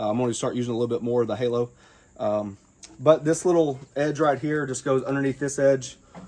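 Someone talks while handling the metal grease tray of a Halo griddle, sliding its edge underneath the edge of the griddle body. Nothing has seated or clicked yet; the grease tray is not yet locked into place.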